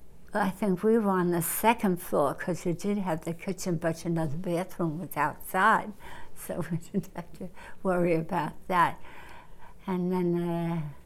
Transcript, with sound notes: I think we were on the second floor because you did have the kitchen but, you know, the bathroom was outside so we did (she laughs) have to worry about that. And then,